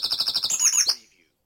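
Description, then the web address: Bird song: a fast even trill of repeated high notes, then a few quick downslurred whistled notes before it stops. Dawn chorus in Mold, North Wales. "beanstalk-audio Dawn Chorus in Mold North Wales"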